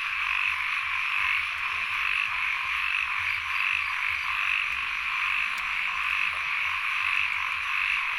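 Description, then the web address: Frogs croak together in uneven pulses while a high, continuous insect whine fills the background. Frogs with insects at Sen Monorom, Cambodia. "Ziklibrenbib Les Cartes Postales Sonores NOISE ON EARTH Vol 1 CAMBODIA Les Cartes Postales Sonores - 02-Insects Frogs of Sen Monorom"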